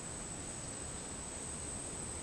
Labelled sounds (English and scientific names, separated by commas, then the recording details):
none
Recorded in dense forest near Puerto Asís, Putumayo, Colombia, on 23 June 2025 at 10:30
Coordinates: 0.499, -76.324
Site G100